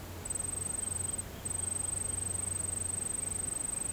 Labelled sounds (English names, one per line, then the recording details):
none
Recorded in pastures near Puerto Asís, Putumayo, Colombia, on 21 March 2025 at 09:00
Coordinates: 0.472, -76.329
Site G074